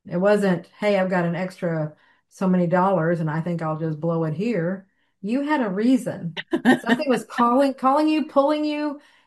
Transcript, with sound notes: It wasn't, "Hey, I've got an extra so many dollars, and I think I'll just blow it here." You had a reason.
(laughs)
Something was calling, calling you, pulling you.